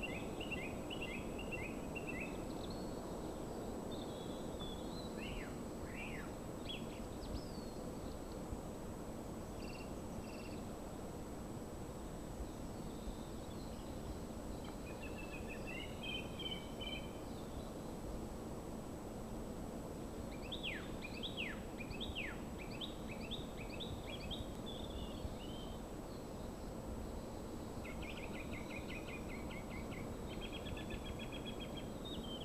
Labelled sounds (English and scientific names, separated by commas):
Song Thrush (Turdus philomelos) song